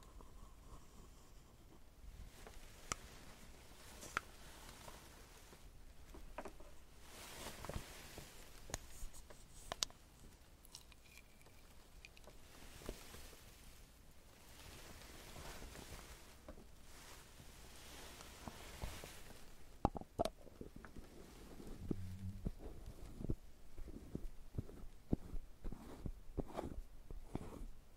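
Makeup being done, with small tool sounds like tweezers and a curling iron handled in short clicks and taps. Soft rustling and brushing continue underneath, with scattered sharp ticks throughout and a busier cluster of quick clicks after about twenty seconds.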